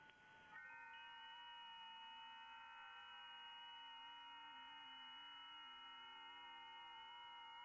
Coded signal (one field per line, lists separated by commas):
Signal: FT8